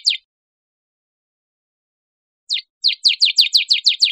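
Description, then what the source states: Bird chirps: a short high note at the start, a pause, then a fast string of down-slurred, high-pitched chirps running to the end. Recorded 1 December 2008.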